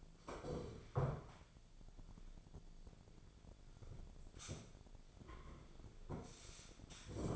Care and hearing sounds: daily activity, microphone in the room; sit down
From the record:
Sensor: 5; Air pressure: 1008.2 hPa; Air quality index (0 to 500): 154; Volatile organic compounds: 3 ppm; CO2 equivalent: 1481 ppm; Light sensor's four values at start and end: 59/165/64/64 and 59/165/64/64

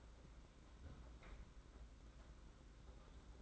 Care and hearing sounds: daily activity, microphone in the room; close fridge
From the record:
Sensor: 3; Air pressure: 991.8 hPa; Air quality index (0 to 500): 215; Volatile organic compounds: 1000 ppm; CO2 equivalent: 7358 ppm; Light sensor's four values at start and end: 32/94/38/32 and 32/94/38/32

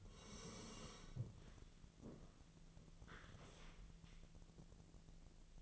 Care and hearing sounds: daily activity, microphone in the room; sit down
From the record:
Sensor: 4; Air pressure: 1001.2 hPa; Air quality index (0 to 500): 182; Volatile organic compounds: 2 ppm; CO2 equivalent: 1303 ppm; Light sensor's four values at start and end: 15/35/14/15 and 15/35/14/15

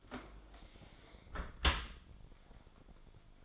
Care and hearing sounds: daily activity, microphone in the room; close dishwasher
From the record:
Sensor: 5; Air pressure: 1003.2 hPa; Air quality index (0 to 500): 132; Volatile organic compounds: 1 ppm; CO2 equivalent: 964 ppm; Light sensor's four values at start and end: 78/188/79/89 and 84/204/85/96

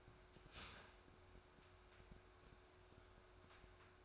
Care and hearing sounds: daily activity, microphone in the room; start toaster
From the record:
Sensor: 2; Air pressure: 1014.6 hPa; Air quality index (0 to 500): 202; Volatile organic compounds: 23 ppm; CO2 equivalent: 2774 ppm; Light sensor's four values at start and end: 3/9/3/3 and 3/9/3/3

